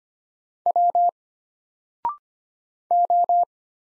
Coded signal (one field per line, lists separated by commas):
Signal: Morse code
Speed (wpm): 25 wpm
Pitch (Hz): 700 Hz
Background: none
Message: W O